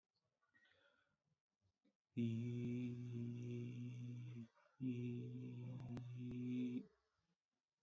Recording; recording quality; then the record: sustained vowel as in beet; excellent, no background noise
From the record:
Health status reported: COVID-19 positive, mild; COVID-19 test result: positive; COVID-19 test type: RT-PCR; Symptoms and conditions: cough, cold, sore throat, fatigue, muscle pain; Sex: male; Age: 26 years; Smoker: no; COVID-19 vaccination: both doses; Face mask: not worn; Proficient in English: yes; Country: India